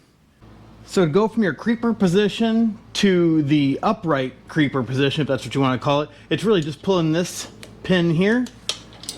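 Someone talks while pulling the spring-loaded position pin on a metal Omega Lift 3-in-1 low-profile creeper to move the frame from the creeper position to the upright creeper position. A few short, sharp metallic sounds come near the end, around 8.7 to 9.1 seconds. The locking pin has not yet seated into the creeper frame's position hole.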